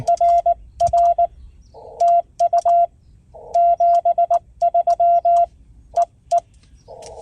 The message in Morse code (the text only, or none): RR TU 73 EE